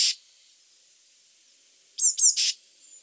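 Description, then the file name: Eurasian blue tit call: a single phrase of two high, thin descending notes and a harsh buzzy note, plus the tail of a buzzy note at the start. "Cyanistes caeruleus"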